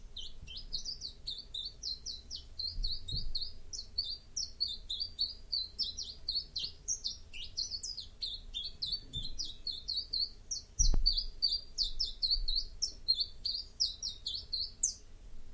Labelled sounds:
Common Chiffchaff

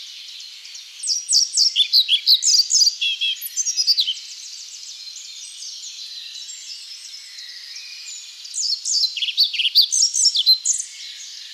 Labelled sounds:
European Pied Flycatcher song

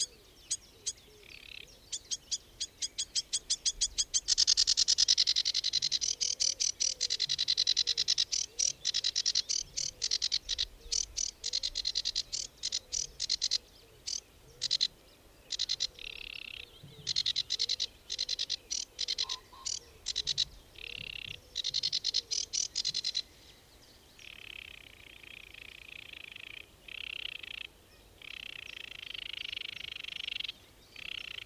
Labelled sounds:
Sedge Warbler song

